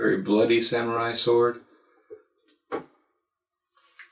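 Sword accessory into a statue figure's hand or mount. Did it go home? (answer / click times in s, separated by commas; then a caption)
yes / 4.0 s. Someone talks briefly, then a few small knocks are heard as a bloody resin/PVC samurai sword accessory is pushed into the hand or mount of a Sideshow Collectibles Wolverine Premium Format Figure statue. The sword snaps into place with a short, sharp click at 4.0 s.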